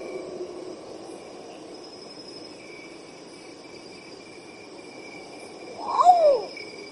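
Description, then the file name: Long-tailed potoo: one sad, falling whistle preceded by a quick higher note near the end, after several seconds of only steady insect trilling and faint buzzing. "canto do urutau pardo"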